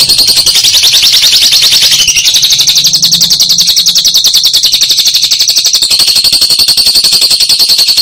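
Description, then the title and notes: Lovebird chatter: a dense, rapid stream of shrill, buzzy high chirps that runs unbroken for the whole eight seconds, shifting slightly in tone partway through. Recording intended as a tutor track for training songbirds (masteran). "Suara Burung Lovbred Mantap Buat Masteran"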